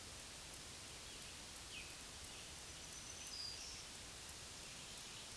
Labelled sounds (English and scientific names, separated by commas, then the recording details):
Black-throated Green Warbler (Setophaga virens) song
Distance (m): 55 m
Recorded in a Pennsylvania forest on 1 June 2023 at 07:18
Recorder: AudioMoth, point grid3_27_low
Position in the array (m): 154 m, 24 m